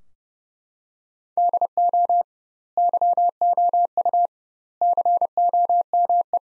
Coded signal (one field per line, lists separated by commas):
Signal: Morse code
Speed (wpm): 30 wpm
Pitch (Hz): 700 Hz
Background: none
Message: DO YOU COME